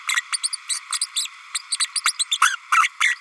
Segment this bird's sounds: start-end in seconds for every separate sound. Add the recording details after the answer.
0.15-0.21, 0.32-0.39, 0.43-0.50, 0.52-0.57, 0.69-0.80, 0.92-0.98, 1.01-1.06, 1.16-1.28, 1.71-1.77, 1.79-1.86, 1.96-2.00, 2.04-2.12, 2.19-2.27, 2.31-2.37, 2.41-2.56, 2.71-2.89, 3.00-3.15. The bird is a female. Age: 32 days. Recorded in a nest box in Venezuela. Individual 17B32A5